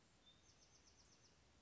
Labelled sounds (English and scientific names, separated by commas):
Bewick's Wren (Thryomanes bewickii)